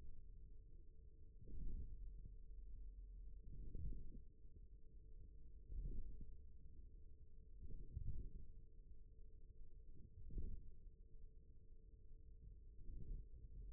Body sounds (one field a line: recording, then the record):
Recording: forearm muscle sounds (acoustic myography)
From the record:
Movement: radial deviation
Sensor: system 1, eight BSWA MPA416 microphones around the upper forearm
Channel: 2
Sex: male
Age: 41 years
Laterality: right